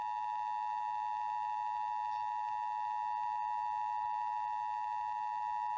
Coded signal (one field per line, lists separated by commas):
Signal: Emergency Alert System (SAME) tones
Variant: 853 and 960 Hz attention tone